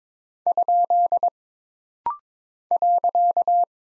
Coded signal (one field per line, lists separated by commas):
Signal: Morse code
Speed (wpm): 22 wpm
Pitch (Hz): 700 Hz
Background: none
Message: ? .